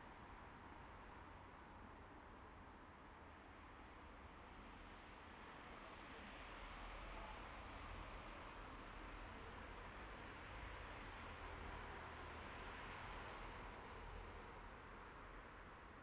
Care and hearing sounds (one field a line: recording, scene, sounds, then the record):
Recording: everyday scene through a hearing-aid microphone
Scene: in traffic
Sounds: traffic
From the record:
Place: bus stop on a city main road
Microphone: behind the ear, right, front